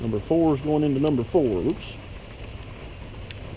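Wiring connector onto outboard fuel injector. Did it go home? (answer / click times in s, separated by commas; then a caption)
yes / 3.3 s. Someone talks while plug connector number four is pushed onto fuel injector number four on a 2001 Yamaha 150 HPDI outboard motor. A single sharp click at 3.3 s shows the connector latching, and it is seated.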